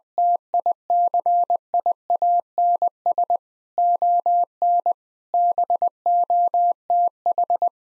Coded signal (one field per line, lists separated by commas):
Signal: Morse code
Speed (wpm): 20 wpm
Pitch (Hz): 700 Hz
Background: none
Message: TICIANS ON BOTH